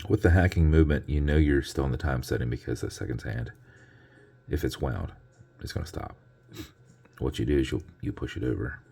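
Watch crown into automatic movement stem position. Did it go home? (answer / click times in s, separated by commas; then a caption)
no / none. Someone talks while handling the crown of a Spartan NH38-70 watch with a hacking automatic movement: the crown, pulled out to the time-setting position, is about to be pushed back over into the winding position on its stem. Speech fills most of the clip, with faint clicking and a steady low hum between phrases. Nothing has seated or clicked into place yet.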